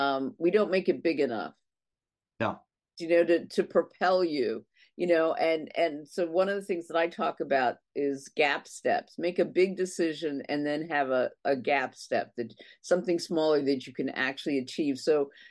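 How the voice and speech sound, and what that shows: A single adult talks in a relaxed, conversational monologue with clear voicing, normal pitch variation and natural pauses. Fillers like "you know" occur, but there are no blocks, repetitions, slurring or voice strain. This is ordinary fluent speech with no speech disorder.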